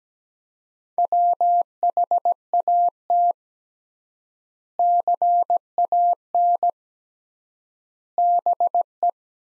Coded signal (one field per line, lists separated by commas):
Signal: Morse code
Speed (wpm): 17 wpm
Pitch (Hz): 700 Hz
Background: none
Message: WHAT CAN BE